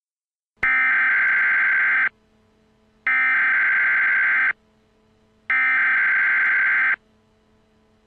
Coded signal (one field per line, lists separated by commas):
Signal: Emergency Alert System (SAME) tones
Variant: header bursts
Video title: EAS TEST